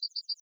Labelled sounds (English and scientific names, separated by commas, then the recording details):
Yellowhammer (Emberiza citrinella) song
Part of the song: start
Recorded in the Czech Republic